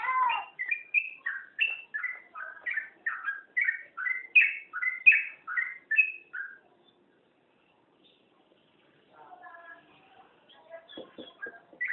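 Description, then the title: Oriental magpie-robin song: a loud run of varied whistled and slurred notes, then a pause followed by softer, scratchy chatter toward the end. "Kicau Kacer Durasi Panjang 1jam Lebih"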